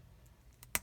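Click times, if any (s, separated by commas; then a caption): 0.6 s, 0.8 s. Plastic feet on a toy robot are pulled out of its legs during transformation, after a tab is pushed in for clearance. Two sharp plastic clicks are heard at 0.6 s and 0.8 s, the second much louder, as the feet lock into place.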